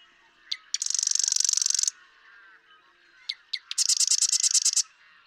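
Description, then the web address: Marsh Wren song twice: a few ticks, then a fast, harsh buzzing rattle; the second song has more distinctly pulsed notes. "birdsongforthecurious Marsh Wren"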